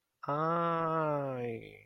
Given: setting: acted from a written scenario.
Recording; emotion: vocal sound without words; shame